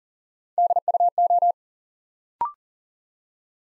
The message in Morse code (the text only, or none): DUO